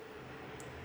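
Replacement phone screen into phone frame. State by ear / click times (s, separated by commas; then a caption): not seated / none. A replacement display panel for a Google Pixel 4A 5G is lined up loosely on the phone frame and handled before being pressed down. Only a steady, even hiss with a low hum is heard, plus a faint high tick near 0.6 s. Nothing has clicked or seated into the frame yet.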